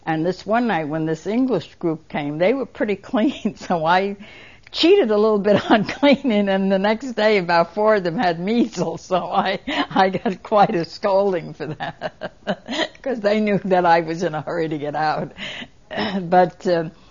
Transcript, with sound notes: And this one night when this English group came they were pretty clean so I cheated a little bit on cleaning and the next day about four of them had measles, So I, I got quite a scolding for that. (She's laughing.) Because they knew that I was in a hurry to get out. But, uh,